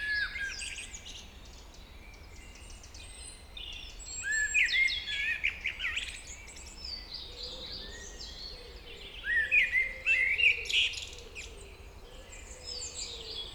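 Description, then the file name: Common blackbird delivering mellow whistled phrases that break into scratchy high twitters, two main bursts several seconds apart, with a faint low hum. "Turdus merula"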